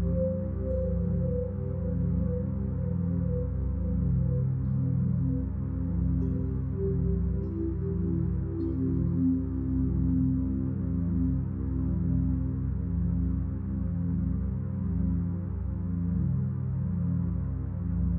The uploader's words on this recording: Binaural Beats Alpha Waves.